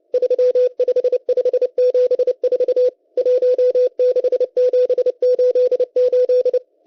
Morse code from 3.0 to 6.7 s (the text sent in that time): 16788